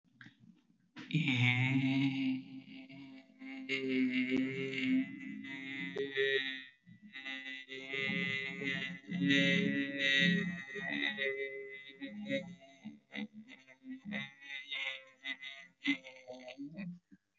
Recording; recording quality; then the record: sustained vowel as in made; excellent, no background noise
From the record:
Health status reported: healthy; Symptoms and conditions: cold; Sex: male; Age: 26 years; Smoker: not ticked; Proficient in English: yes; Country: India